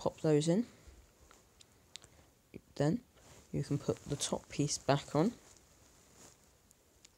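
During reassembly of a Logitech M310 wireless mouse, the plastic top piece is handled over the base while someone talks, with a few faint, brief handling ticks between the words. The top shell has not clicked into place yet; nothing has seated.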